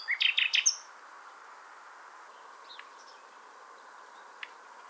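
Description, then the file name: Common nightingale song: one short burst of quickly repeated sharp notes at the start, followed by near silence with a couple of faint high notes over steady hiss. "Luscinia megarhynchos"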